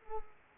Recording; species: mosquito wingbeat signal from an infrared sensor; Culex pipiens